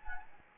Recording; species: mosquito wingbeat signal from an infrared sensor; Anopheles gambiae